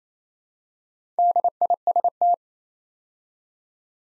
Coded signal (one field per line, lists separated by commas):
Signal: Morse code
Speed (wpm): 29 wpm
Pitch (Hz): 700 Hz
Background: none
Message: DIST